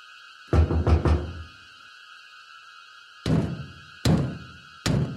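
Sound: knocking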